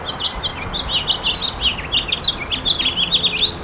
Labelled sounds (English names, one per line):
House Finch song